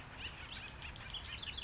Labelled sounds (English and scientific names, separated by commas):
House Wren (Troglodytes aedon)